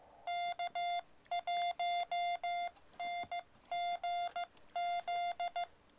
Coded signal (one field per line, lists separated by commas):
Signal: Morse code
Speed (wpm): 15 wpm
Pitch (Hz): 700 Hz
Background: none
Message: K1NGZ